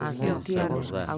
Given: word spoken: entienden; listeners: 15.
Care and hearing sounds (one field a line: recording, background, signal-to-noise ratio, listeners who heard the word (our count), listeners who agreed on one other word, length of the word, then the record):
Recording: one Spanish word in noise, from a listening test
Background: four-talker babble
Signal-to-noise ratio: -1.9 dB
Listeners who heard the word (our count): 0 of 15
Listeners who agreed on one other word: 8 of 15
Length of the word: 0.78 s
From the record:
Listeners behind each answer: 8, 1, 1, 1, 1, 1, 1, 1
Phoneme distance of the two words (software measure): 61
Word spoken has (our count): 3 syllables, 9 phonemes, stress on syllable 2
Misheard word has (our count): 2 syllables, 6 phonemes, stress on syllable 2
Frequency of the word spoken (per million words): 11.01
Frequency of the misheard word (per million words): 208.37